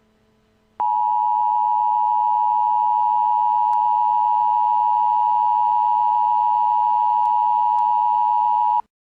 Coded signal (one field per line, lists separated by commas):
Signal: Emergency Alert System (SAME) tones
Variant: 853 and 960 Hz attention tone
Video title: Eas Alarm #1